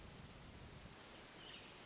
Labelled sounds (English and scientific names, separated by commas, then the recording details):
Hermit Thrush (Catharus guttatus)
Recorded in Sonoma County, California